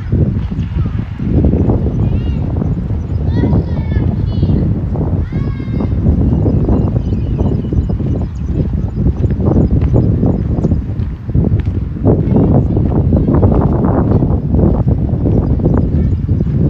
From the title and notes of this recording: City Park Sounds. Walking In Modiin, Israel.